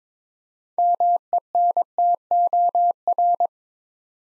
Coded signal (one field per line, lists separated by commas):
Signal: Morse code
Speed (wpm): 22 wpm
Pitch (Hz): 700 Hz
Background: none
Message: MENTOR